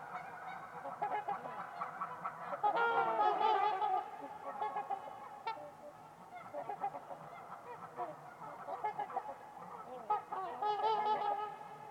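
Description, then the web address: Trumpeter swans in a busy chorus of overlapping bugled honks that swell and fade in waves. Trumpeter swans calling on a winter evening at Winters Lake in a deep, silent valley. "Trumpeter Swans on a Winter's Eve. Wind Is the Original Radio. Winters-Lake-with-Swan"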